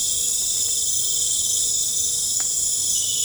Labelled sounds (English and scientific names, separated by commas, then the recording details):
none
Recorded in pastures near Puerto Asís, Putumayo, Colombia, on 22 December 2024 at 21:00
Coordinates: 0.496, -76.326
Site G004